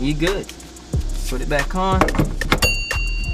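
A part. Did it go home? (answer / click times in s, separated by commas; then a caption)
yes / 2.4 s, 2.5 s. An aftermarket NRG steering wheel on its quick-release hub is pushed back onto the steering column adapter of a Honda Civic, and the metal latch clicks locked at about 2.4 s and 2.5 s. Someone talks over the fitting. The wheel is seated and locked so it cannot come off while driving.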